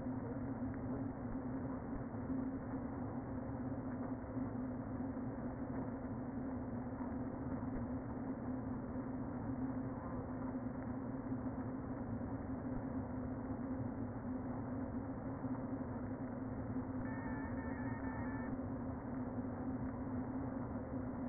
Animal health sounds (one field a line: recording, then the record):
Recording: honeybee colony, microphone inside the hive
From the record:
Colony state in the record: queen present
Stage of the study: before two queens were removed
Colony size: about 60,000 bees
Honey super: yes